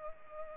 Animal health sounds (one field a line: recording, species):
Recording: mosquito wingbeat signal from an infrared sensor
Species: Culex pipiens